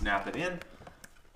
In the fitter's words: takes a little pickup on the end and that pops right in